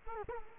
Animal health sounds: mosquito wingbeat signal from an infrared sensor; Culex quinquefasciatus

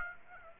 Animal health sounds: mosquito wingbeat signal from an infrared sensor; Aedes aegypti

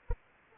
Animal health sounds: mosquito wingbeat signal from an infrared sensor; Anopheles arabiensis

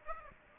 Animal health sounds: mosquito wingbeat signal from an infrared sensor; Aedes aegypti

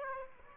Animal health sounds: mosquito wingbeat signal from an infrared sensor; Aedes aegypti

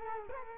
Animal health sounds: mosquito wingbeat signal from an infrared sensor; Culex quinquefasciatus

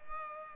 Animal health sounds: mosquito wingbeat signal from an infrared sensor; Culex pipiens

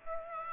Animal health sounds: mosquito wingbeat signal from an infrared sensor; Aedes aegypti

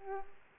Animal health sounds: mosquito wingbeat signal from an infrared sensor; Aedes aegypti

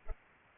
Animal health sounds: mosquito wingbeat signal from an infrared sensor; Culex pipiens

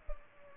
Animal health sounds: mosquito wingbeat signal from an infrared sensor; Culex pipiens

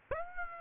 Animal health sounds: mosquito wingbeat signal from an infrared sensor; Aedes aegypti

